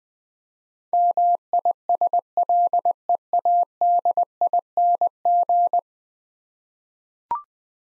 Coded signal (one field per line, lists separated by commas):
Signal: Morse code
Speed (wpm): 20 wpm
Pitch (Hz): 700 Hz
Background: none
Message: MISLEADING